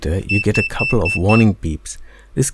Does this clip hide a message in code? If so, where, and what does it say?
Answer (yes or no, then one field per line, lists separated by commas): no